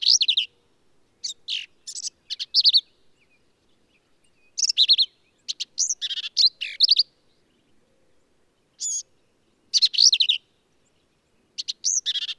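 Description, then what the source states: Black-capped vireo singing a long series of varied, emphatic phrases, some truncated, others run together, with short pauses between. Male, believed same individual throughout; endangered per U.S. Fish and Wildlife Service; phrases sung alone, truncated, embellished or run together, lively and emphatic; Kerr Wildlife Management Area, Hunt, Texas hill country.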